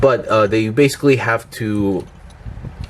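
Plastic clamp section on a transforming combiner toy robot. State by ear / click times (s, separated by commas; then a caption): not seated / none. Someone talks over a 52Toys Deep One transforming combiner toy robot while the plastic clamp section is folded, straightened and pressed so it should clamp down and close, moving from submarine to cube mode. A short, faint knock comes near 2.8 s at the end. Nothing has clicked or seated yet, and the part does not close.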